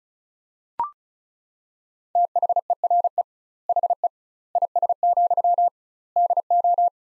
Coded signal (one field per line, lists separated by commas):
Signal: Morse code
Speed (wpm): 34 wpm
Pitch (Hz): 700 Hz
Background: none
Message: THERE HE IS, DO